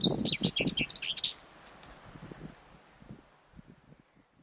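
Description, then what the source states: Common whitethroat song: one short, scratchy, rapid warble lasting just over a second, followed by low knocking and rumbling noises. Recorded 17 June 2022.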